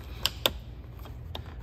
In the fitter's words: then you just push and hear it click and you do the same thing on the other side now